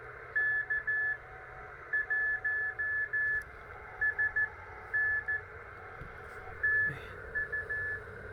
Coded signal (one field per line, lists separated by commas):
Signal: Morse code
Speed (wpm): 14 wpm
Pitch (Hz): 1700 Hz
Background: radio noise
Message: K1SN TU